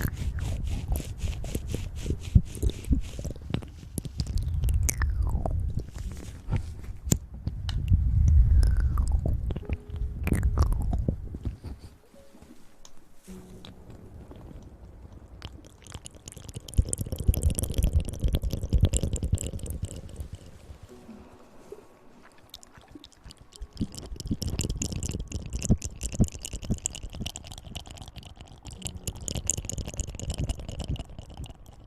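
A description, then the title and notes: Wet mouth sounds come in dense bursts of clicks, smacks and chewing-like squelches, with low thumping underneath. Loud stretches around 0–12 and 16–20 seconds, then again from 23 seconds on, are separated by quieter gaps with faint sliding tones. Hand Sounds & Movements, Mouth Sounds.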